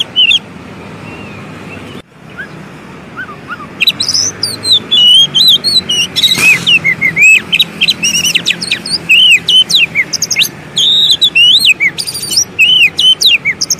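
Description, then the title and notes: Oriental magpie-robin song: a few soft notes, then dense rapid whistles, slurs and sharp chips building to continuous song. Long-duration fill-in song for training magpie-robins to sing actively day and night. "Kacer Jadi Gacor Siang Malam. Isian Kacer Durasi Panjang"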